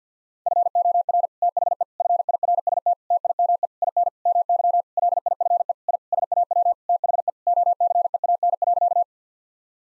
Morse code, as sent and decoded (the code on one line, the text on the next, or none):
..-. --- .-. / - .... . / ..-. .. .-. ... - / - .. -- . / .. -. / -- -.-- / .-.. .. ..-. . / .. / ... .- .-- / - .... . / --- -.-. . .- -. .-.-.-
FOR THE FIRST TIME IN MY LIFE I SAW THE OCEAN.